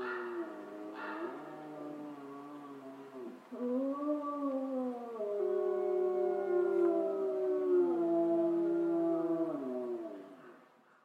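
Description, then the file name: Wolf howls, quieter at first, then several long sliding tones swell together, hold steadily and fade out at the end. Several wolves, Schorfheide, Germany, 29 October 2015. "Wölfe Schorfheide 151029"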